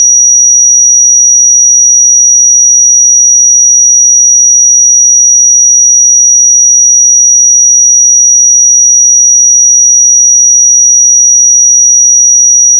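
A pure 5787 Hz sine tone holds perfectly steady and unwavering for the whole clip, a thin, bright, piercing whistle with nothing else beneath it.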